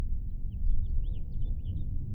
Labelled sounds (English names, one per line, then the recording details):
House Finch song
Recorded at Long Beach on Long Island, New York, on 2 June 1975
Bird A